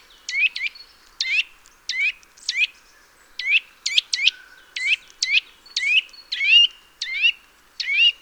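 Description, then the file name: Eurasian nuthatch calling insistently with loud, clear upswept notes about one to two per second, some paired, over near silence. "Sitta europaea"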